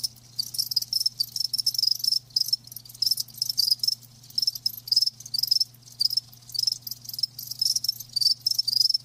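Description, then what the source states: Crickets: shrill, rapid chirps in repeated high-pitched bursts, with a soft low hum in the background. Live crickets chirping.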